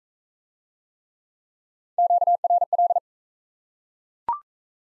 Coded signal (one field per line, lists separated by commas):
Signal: Morse code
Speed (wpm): 39 wpm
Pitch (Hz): 700 Hz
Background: none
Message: QRL